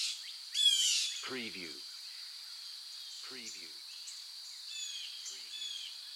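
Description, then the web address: Birds singing: one loud burst of quick, high chirping sweeps, followed by scattered faint twitters and a few lower rattling notes against a soft, steady hiss. Forest birds singing in the morning. "sound-effects-bible Forest Morning Birds"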